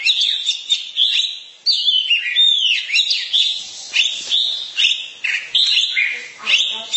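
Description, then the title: Oriental magpie-robin singing almost continuously, a rich stream of sweet whistles, slurred notes and scratchy trills, rising and falling quickly. Long-duration song recording. "Kacer"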